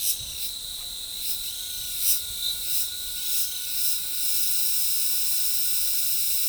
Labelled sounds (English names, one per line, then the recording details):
none
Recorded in forest near Pivijay, Magdalena, Colombia, on 15 April 2023 at 08:00
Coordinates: 10.467, -74.380
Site Z5-G034